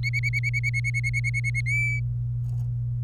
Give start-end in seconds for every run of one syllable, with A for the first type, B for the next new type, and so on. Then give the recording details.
0.04-1.61 A, 1.66-1.99 B. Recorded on 27 April 2018 at 10:43. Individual llb3